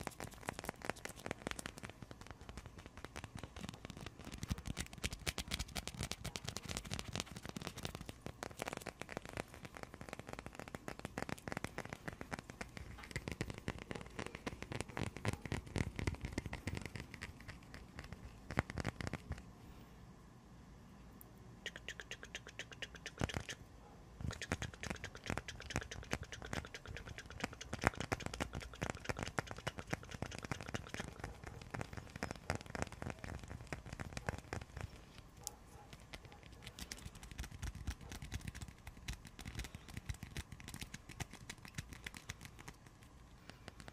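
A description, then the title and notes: Busy tapping and scratching runs through nearly the whole clip, a dense crackle of quick, irregular hits with dry, bright edges and some low thumps. Activity eases into a quieter stretch around 20 to 24 seconds, then picks up again. ASMR icy frozen triggers // tapping and scratching.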